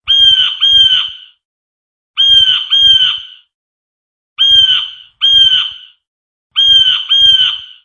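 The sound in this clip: Bird calls: harsh, nasal notes given in quick pairs, each pair repeated roughly every two seconds with silent gaps between.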